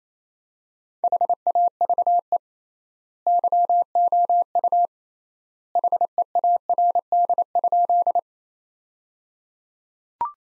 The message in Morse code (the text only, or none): HAVE YOU HEARD?